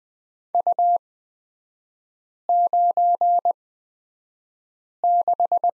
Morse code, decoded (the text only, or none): U96